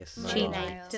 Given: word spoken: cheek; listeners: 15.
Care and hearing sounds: one English word in noise, from a listening test; four-talker babble; -1.7 dB; 3 of 15; 6 of 15; 0.58 s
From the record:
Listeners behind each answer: 6, 4, 3, 1, 1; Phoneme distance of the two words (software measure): 10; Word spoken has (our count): 1 syllable, 3 phonemes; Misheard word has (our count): 1 syllable, 3 phonemes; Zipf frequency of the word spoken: 3.93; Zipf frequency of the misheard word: 4.65

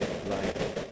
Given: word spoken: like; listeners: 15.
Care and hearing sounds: one English word in noise, from a listening test; noise modulated by three-talker babble; -3.8 dB; 2 of 15; 9 of 15; 0.52 s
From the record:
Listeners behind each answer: 9, 2, 1, 1, 1, 1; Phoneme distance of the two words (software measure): 10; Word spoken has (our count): 1 syllable, 3 phonemes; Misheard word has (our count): 1 syllable, 3 phonemes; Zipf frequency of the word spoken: 6.53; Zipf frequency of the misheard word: 5.28

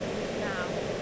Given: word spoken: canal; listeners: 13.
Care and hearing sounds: one English word in noise, from a listening test; speech-shaped noise; -6.4 dB; 0 of 13; 12 of 13; 0.63 s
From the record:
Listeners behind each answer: 12, 1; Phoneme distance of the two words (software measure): 31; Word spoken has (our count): 2 syllables, 5 phonemes, stress on syllable 2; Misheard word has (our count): 1 syllable, 2 phonemes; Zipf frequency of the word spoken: 4.18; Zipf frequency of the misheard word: 6.44

